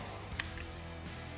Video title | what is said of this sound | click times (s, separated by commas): IRATA Nível 1 - COMO INSTALAR TRAVA-QUEDAS E ASCENSSORES | ouviram o estalo? Então agora, ó, ela desliza com mais facilidade | 0.4 s